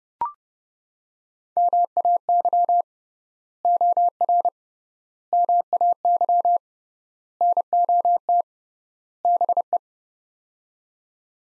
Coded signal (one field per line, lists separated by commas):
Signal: Morse code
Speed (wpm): 30 wpm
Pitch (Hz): 700 Hz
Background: none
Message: MAY OR MAY NOT BE